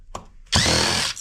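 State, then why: Stripped. An electric screwdriver works a screw out of a power supply's metal case, with a sharp click at 0.1 s (0.15 s) followed by a steady whirring motor run from about 0.5 s to 1.1 s. The bit slips and the screw head ends up stripped.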